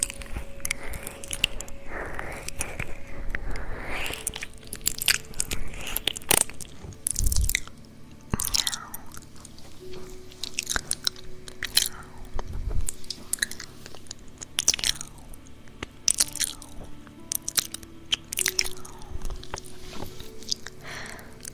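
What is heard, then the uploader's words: A cat licks an ear in a steady run of wet, rasping strokes and small crunchy clicks, several per second with brief pauses. Soft low tones sit faintly underneath, with a few louder thumps near seven and twelve seconds. ASMR Kitty Ear Licking.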